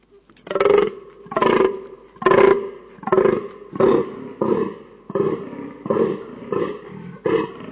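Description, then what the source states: Fallow deer buck's rutting groans, a rapid sequence of harsh, throaty belches about once every 0.8 seconds, evenly paced and fading slightly toward the end. Fallow deer during the rut.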